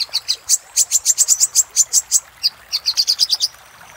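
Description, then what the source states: Little spiderhunter song: quick run of piercing high chips that speeds into a dense burst, a short pause, then another rapid string before ending. Master recording made for training cage birds, labelled 'Labaik'.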